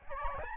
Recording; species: mosquito wingbeat signal from an infrared sensor; Aedes albopictus